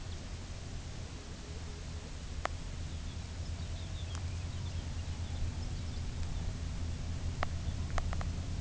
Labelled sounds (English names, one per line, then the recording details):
Pectoral Sandpiper
unidentified sound
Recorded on Arctic tundra, site UTQI-2, on 15 June 2019
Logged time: 22:00